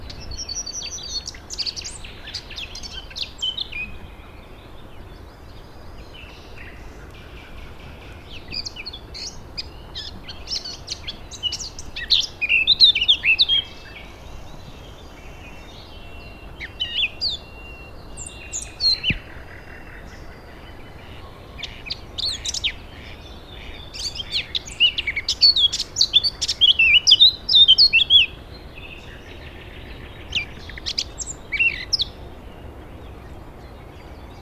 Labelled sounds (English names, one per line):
Eurasian Blackcap